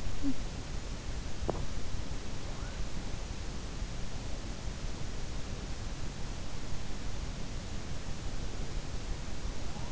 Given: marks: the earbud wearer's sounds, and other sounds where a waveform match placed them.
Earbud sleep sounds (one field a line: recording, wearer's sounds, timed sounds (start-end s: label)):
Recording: sounds in sleep by an in-ear microphone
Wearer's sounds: talking in sleep, teeth grinding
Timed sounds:
0.00-1.00 s: talking in sleep
1.36-1.82 s: teeth grinding